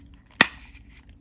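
The second tab on the other side of a plastic helmet dome from a 7-piece Buzz Lightyear Space Ranger gear set is pushed onto an action figure, and it locks with one loud, sharp snap at 0.4 s. The helmet is seated and secured so it won't fall off.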